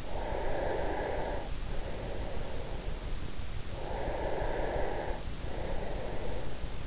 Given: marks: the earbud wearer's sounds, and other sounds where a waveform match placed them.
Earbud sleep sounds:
sounds in sleep by an in-ear microphone; breath
0.00-3.19 s: breath
3.68-6.70 s: breath

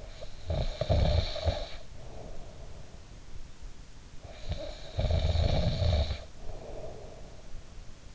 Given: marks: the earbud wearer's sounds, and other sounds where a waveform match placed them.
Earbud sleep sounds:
sounds in sleep by an in-ear microphone; snoring breath
0.00-3.01 s: snoring breath
4.22-7.60 s: snoring breath

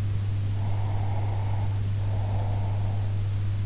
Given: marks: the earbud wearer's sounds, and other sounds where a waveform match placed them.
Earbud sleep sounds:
sounds in sleep by an in-ear microphone; breath
0.52-3.12 s: breath

